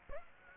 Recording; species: mosquito wingbeat signal from an infrared sensor; Aedes aegypti